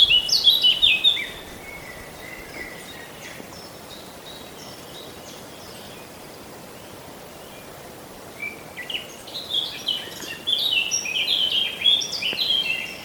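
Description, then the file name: Eurasian blackcap song: a rich warbled phrase at the start, a quiet pause, then another fast burst of notes near the end. "Sylvia atricapilla"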